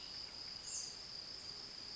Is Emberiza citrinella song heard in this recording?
no